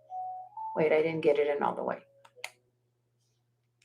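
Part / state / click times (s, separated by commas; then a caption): tension clasp of a hinged bangle bracelet / seated / 2.4 s. Someone talks, then pushes the tension clasp of a hinged silver and turquoise bangle bracelet closed a second time, and it feels tight. A short sharp click sounds at 2.4 s as the clasp snaps shut. The clasp is seated and sits perfectly flush.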